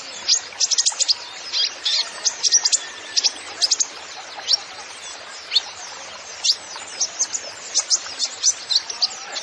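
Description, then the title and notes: Van Hasselt's sunbird song, a rapid busy run of very high, thin chirps and sharp ticks in quick bursts, over a steady background hiss. Bird in lively ('gacor') full song with 'isian' fill phrases and 'tembakan' shots, used as masteran recording to train songbirds. "MASTERAN KOLIBRI NINJA FULL ISIAN DAN TEMBAKAN. Suara Burung Kolibri Ninja Gacor"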